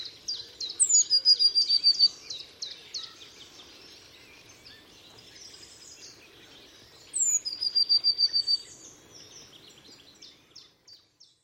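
Bird song: two bursts, each a high slurred note and a quick run of repeated trilled notes, separated by several seconds of softer chirping.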